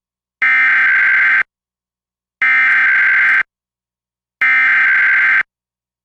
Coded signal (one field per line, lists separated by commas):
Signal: Emergency Alert System (SAME) tones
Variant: header bursts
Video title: EAS #755-756: 2 EAS Required Monthly Tests- Apr. 5, 2023- 12:15AM PDT